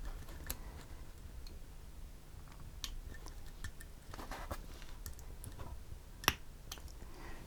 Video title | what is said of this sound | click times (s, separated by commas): Heljan Class 33 Wheel Set Upgrade and a Competition Teaser! | So that's one that's popped out on that side, | 6.3 s